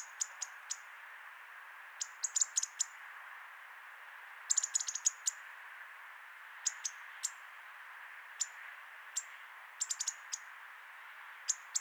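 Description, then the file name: European robin calls as high, clipped ticks, scattered singly and in rapid runs, densest near the middle, against steady hiss. "Erithacus rubecula"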